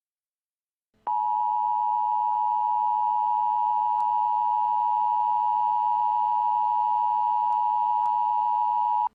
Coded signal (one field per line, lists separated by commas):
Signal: Emergency Alert System (SAME) tones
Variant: 853 and 960 Hz attention tone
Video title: Eas tornado warning 6/26/2021